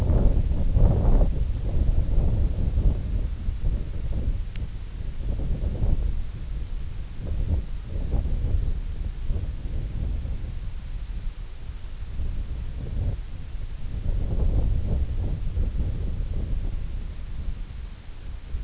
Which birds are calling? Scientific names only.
none